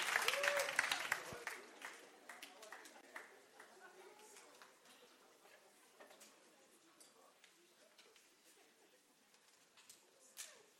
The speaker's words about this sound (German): Also, lasst uns ihr mal einen kräftigen Applaus geben.